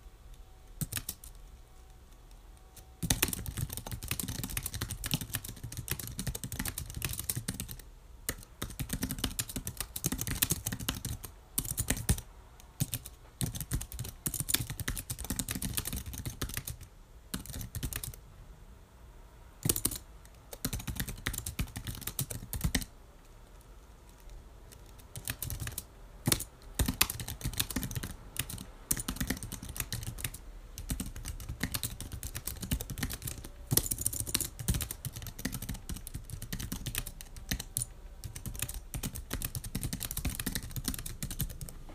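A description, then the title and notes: Typing on a computer keyboard, a dense run of quick, sharp key clicks that goes on for nearly the whole clip. The first three seconds are quiet before the tapping starts, and brief pauses break the flow around 8, 17, 20 and 23 seconds. Typing.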